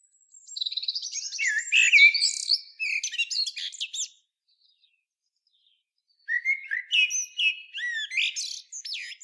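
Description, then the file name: Common blackbird singing two phrases with a silent gap between, mixing mellow whistled notes with rapid, scratchy high twittering. "Turdus merula"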